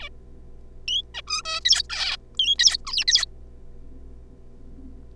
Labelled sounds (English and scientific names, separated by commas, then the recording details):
Zebra Finch (Taeniopygia guttata)
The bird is a juvenile
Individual R3549